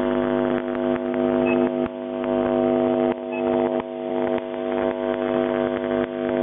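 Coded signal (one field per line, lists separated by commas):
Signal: channel marker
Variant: UVB-76 (The Buzzer)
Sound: harsh, rough, repeating low buzz with short breaks between buzzes, through band-limited radio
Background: radio static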